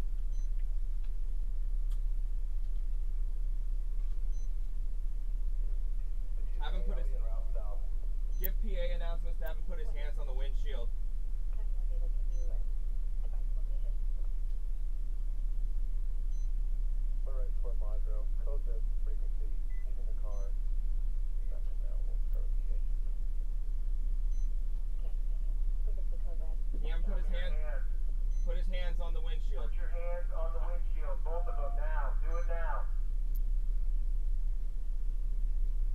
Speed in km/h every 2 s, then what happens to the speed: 0, 0, 0, 0, 0, 0, 0, 0, 0, 0, 0, 0, 0, 0, 0, 0, 0, 0.
0-36 standing.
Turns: none.